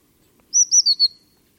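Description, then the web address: Eurasian blue tit calling a short, high series of four thin notes, the first two slightly higher and the last two falling a little, in clean silence. "cianscape birddata Deverinetal 2025 File origin Bird Only Cy Ca"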